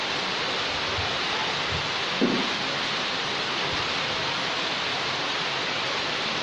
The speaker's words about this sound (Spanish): Si usted se tiene que mover porque le está cayendo agua, muévase.